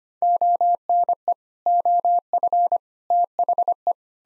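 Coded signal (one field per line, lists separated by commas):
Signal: Morse code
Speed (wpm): 25 wpm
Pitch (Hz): 700 Hz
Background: none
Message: ONE OF THE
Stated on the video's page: Sets of seven common English words sent in Morse at 25 wpm, repeated after speaking; head-copy drill.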